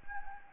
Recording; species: mosquito wingbeat signal from an infrared sensor; Anopheles gambiae